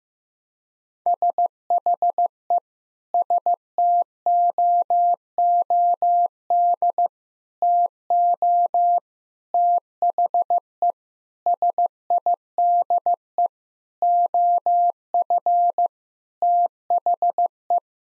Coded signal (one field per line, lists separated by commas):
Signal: Morse code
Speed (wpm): 16 wpm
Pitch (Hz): 700 Hz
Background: none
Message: SHE STOOD TO THE SIDE OF THE